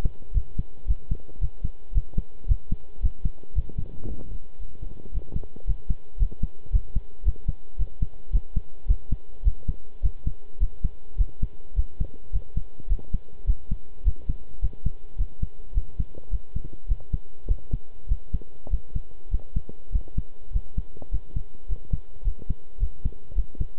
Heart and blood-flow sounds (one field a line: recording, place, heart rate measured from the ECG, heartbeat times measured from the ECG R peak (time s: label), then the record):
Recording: heart sounds by stethoscope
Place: between the tricuspid and mitral areas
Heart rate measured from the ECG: 107 bpm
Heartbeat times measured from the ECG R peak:
0.34 s: heartbeat
0.88 s: heartbeat
1.41 s: heartbeat
1.94 s: heartbeat
2.48 s: heartbeat
3.02 s: heartbeat
3.55 s: heartbeat
4.07 s: heartbeat
4.60 s: heartbeat
5.13 s: heartbeat
5.67 s: heartbeat
6.19 s: heartbeat
6.72 s: heartbeat
7.25 s: heartbeat
7.78 s: heartbeat
8.32 s: heartbeat
8.87 s: heartbeat
9.44 s: heartbeat
10.03 s: heartbeat
10.60 s: heartbeat
11.18 s: heartbeat
11.76 s: heartbeat
12.32 s: heartbeat
12.89 s: heartbeat
13.47 s: heartbeat
14.05 s: heartbeat
14.62 s: heartbeat
15.18 s: heartbeat
15.74 s: heartbeat
16.30 s: heartbeat
16.88 s: heartbeat
17.47 s: heartbeat
18.08 s: heartbeat
18.70 s: heartbeat
19.31 s: heartbeat
19.92 s: heartbeat
20.52 s: heartbeat
21.11 s: heartbeat
21.68 s: heartbeat
22.24 s: heartbeat
22.79 s: heartbeat
23.35 s: heartbeat
From the record:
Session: pedaling a stationary bicycle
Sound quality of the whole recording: good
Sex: male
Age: 23 years